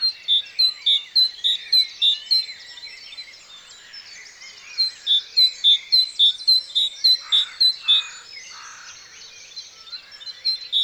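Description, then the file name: Great tit giving bright, tonal single notes in quick regular series, broken by a short pause, over a soft background of chirping birds. "Parus major"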